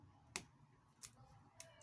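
During a Xiaomi Redmi Note 8 battery replacement, a flex cable connector is pressed onto its socket on the phone board and seats with a sharp click at 0.4 s. Two fainter, similar short clicks follow around 1.0 s and 1.6 s over a quiet background.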